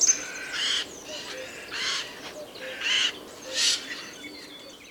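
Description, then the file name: Eurasian jay giving four hoarse, grating screeches, each short and noisy, over a quiet background. "Garrulus glandarius"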